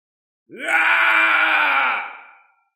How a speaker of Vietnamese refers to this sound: Tiếng gào thét này vừa xuất hiện, lập tức đôi mắt của Tô Minh lộ ra sát cơ.